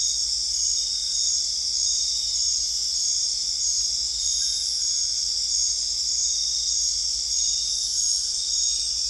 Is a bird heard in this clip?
no